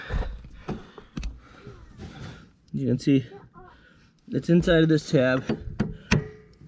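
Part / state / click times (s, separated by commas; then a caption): mower deck linkage pin into its locking tab / seated / 6.1 s. Someone talks while a metal pin or arm on a mower deck linkage is set inside its locking tab, with a few light knocks and taps along the way. A sharp metallic click at 6.1 s marks the deck arm latch locking into place, seated in the tab.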